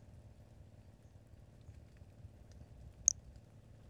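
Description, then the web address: Brachycephalus albolineatus call: a single sharp, high-pitched chirp near the end, standing out above a soft, steady low rumble. Individual 06, unvouchered. "2018 Brachycephalus albolineatus individual 06 example 01 unvouchered"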